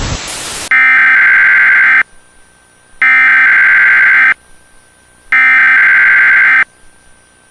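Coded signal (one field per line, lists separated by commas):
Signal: Emergency Alert System (SAME) tones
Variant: header bursts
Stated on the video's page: Fictional scenario using valid EAS tones.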